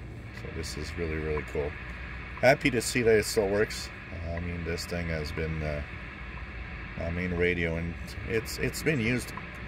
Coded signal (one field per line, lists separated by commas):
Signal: radio time signal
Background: speech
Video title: A Night with the Realistic DX-100 Shortwave communications receiver WWV 15000 kHz End fed antenna